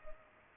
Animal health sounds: mosquito wingbeat signal from an infrared sensor; Culex pipiens

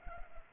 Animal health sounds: mosquito wingbeat signal from an infrared sensor; Culex pipiens

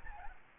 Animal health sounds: mosquito wingbeat signal from an infrared sensor; Aedes albopictus

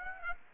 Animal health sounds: mosquito wingbeat signal from an infrared sensor; Aedes aegypti

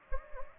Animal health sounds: mosquito wingbeat signal from an infrared sensor; Anopheles gambiae

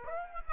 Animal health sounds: mosquito wingbeat signal from an infrared sensor; Aedes aegypti

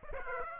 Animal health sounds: mosquito wingbeat signal from an infrared sensor; Aedes aegypti

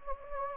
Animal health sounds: mosquito wingbeat signal from an infrared sensor; Anopheles gambiae

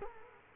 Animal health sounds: mosquito wingbeat signal from an infrared sensor; Culex quinquefasciatus

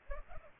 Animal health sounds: mosquito wingbeat signal from an infrared sensor; Culex pipiens

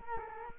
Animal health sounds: mosquito wingbeat signal from an infrared sensor; Culex quinquefasciatus

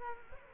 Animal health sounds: mosquito wingbeat signal from an infrared sensor; Culex quinquefasciatus

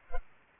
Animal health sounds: mosquito wingbeat signal from an infrared sensor; Culex pipiens

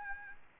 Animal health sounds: mosquito wingbeat signal from an infrared sensor; Aedes albopictus

